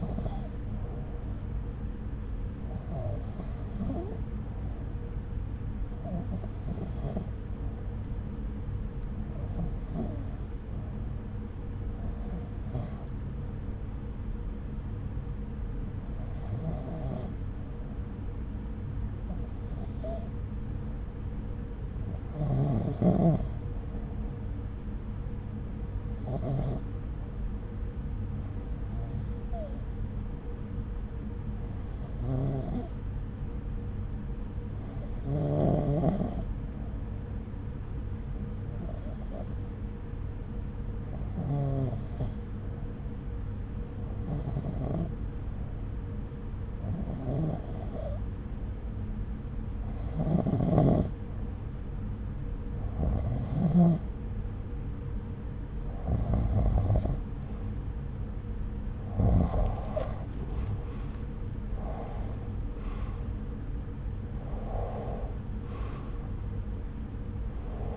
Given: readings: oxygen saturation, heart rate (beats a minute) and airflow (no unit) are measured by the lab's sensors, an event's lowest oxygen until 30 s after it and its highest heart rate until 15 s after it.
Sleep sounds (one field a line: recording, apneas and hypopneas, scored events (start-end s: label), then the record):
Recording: breathing in sleep by a smartphone at the bedside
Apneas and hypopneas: 1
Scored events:
7.00-55.70 s: hypopnea (REM, oxygen 96% highest, then 92% lowest, heart rate 72 at the start, 78 highest)
64.00-67.97 s: awake
64.00-67.97 s: new sleep stage, awake
From the record:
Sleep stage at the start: REM sleep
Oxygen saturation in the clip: 92 to 96%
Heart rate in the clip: 66 to 78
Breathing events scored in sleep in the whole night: 303 in 8.1 hours asleep